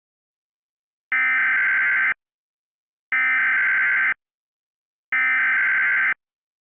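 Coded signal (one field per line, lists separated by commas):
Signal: Emergency Alert System (SAME) tones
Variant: header bursts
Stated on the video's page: Remake of a real tornado warning Emergency Alert System broadcast in Broadcast Message Handler style, a recreation rather than live.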